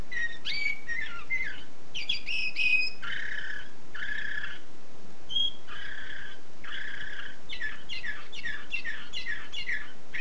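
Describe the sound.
Canary singing a long, varied song of fast trills, buzzy rolls and sharp whistled notes, changing phrases every second or two.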